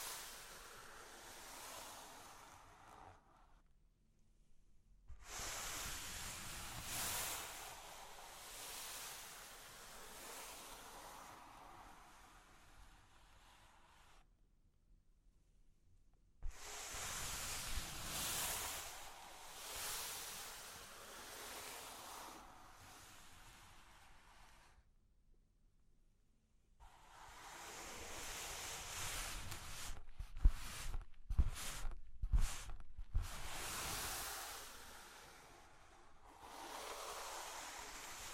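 Scratching and tracing across cork and wood come in long hissy strokes separated by silent pauses, with a short burst of sharp taps near thirty seconds.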